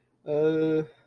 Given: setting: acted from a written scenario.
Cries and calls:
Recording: vocal sound without words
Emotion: confusion

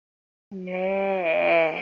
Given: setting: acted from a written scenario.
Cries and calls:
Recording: vocal sound without words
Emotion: serenity

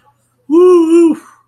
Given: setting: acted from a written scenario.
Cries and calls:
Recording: vocal sound without words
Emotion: pride

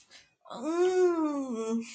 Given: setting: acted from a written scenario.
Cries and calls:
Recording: vocal sound without words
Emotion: pain

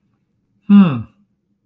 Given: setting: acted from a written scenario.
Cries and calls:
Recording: vocal sound without words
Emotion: confusion

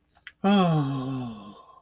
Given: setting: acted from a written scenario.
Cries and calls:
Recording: vocal sound without words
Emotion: serenity

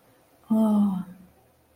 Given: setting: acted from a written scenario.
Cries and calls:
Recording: vocal sound without words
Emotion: contentment

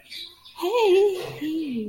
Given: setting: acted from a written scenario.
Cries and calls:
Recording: vocal sound without words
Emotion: positive surprise

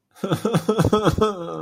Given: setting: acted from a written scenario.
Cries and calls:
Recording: vocal sound without words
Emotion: sadness

